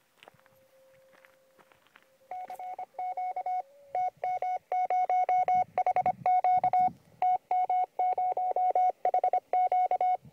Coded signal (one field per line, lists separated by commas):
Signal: Morse code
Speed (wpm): 24 wpm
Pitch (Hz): 730 Hz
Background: none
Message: CQ TM0HQ TM0HQ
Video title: DXLOOP qso dal Belvedere del Monte Serra by IK5XCT